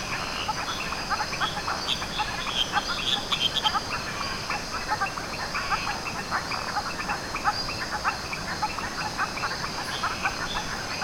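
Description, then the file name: Frog chorus of many short croaking and clicking notes overlapping steadily throughout, with a continuous high insect drone behind. Frog chorus recorded at Canopy Lodge, 12 July 2010. "Frog Chorus Canopy Lodge 20100712"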